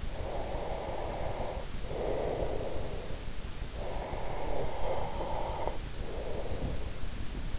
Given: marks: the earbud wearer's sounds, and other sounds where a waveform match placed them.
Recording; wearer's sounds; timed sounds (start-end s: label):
sounds in sleep by an in-ear microphone; breath
0.23-3.38 s: breath
3.95-7.38 s: breath